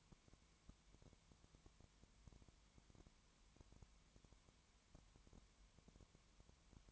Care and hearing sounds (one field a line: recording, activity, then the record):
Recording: daily activity, microphone in the room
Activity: no activity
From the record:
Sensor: 3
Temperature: 20.2 degrees Celsius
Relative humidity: 31.4%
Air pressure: 1001.3 hPa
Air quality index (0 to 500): 74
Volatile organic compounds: 1 ppm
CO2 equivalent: 693 ppm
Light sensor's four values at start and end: 2/3/2/2 and 2/3/2/2